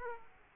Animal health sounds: mosquito wingbeat signal from an infrared sensor; Aedes aegypti

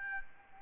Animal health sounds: mosquito wingbeat signal from an infrared sensor; Aedes albopictus

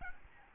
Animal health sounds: mosquito wingbeat signal from an infrared sensor; Aedes albopictus

